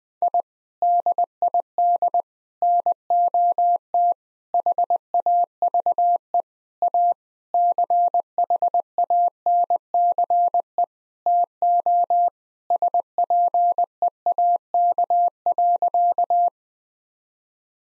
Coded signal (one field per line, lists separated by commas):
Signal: Morse code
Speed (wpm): 20 wpm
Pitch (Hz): 700 Hz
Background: none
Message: I DID NOT HAVE A CHANCE TO SPEAK.